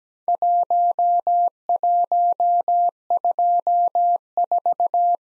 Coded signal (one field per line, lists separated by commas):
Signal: Morse code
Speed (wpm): 17 wpm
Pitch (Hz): 700 Hz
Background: none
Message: 1124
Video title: Worked All Europe DX Contest QTC Exchange 17wpm